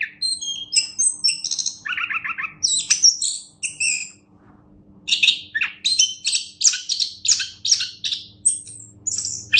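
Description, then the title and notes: Orange-headed thrush song: rapid, varied phrases of high whistles, buzzy trills and chattering notes, pausing briefly near four seconds before resuming in dense bursts. Described as a national champion songbird; kicau anis kembang, the song of the orange-headed thrush. "Anis Kembang Juara Nasional. kicau anis kembang"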